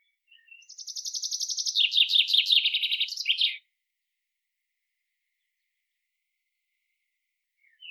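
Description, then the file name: Common chaffinch delivering a single cascading trill that drops in pitch and ends with a sharp terminal flourish, followed by silence and a faint chirp. "Fringilla coelebs"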